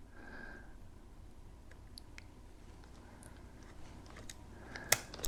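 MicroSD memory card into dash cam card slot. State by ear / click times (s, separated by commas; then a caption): seated / 4.9 s. A microSD memory card is pushed into the card slot of a Campark DC40 4K dash cam, with something used to help push it in until it latches. Against a low, steady background hiss, faint small ticks lead up to a sharp click at 4.9 s, with softer taps just before at 4.8 s and after at 5.3 s. The card is seated in the slot.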